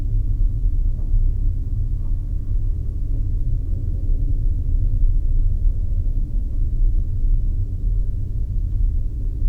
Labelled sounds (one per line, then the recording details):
machinery
flare stack
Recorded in the Arctic National Wildlife Refuge, Alaska, on 3 September 2019 at 14:54
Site 39